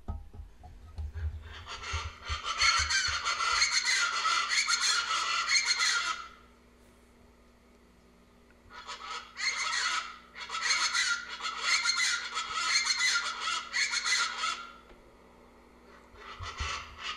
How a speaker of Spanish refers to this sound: Bueno, pues estas aves, fíjate que se esconden entre los matorrales y también se suben a las ramas de los árboles. Andan ahí y bueno, pues este es su canto, las chachalacas.